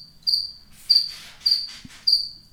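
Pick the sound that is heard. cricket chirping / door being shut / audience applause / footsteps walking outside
cricket chirping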